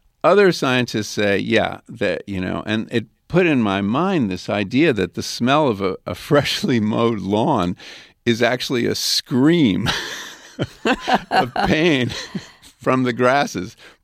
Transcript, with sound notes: Other scientists say, yeah, that, you know? And it put in my mind this idea that the smell of a freshly mowed lawn is actually a scream...
(LAUGHTER)
...Of pain from the grasses.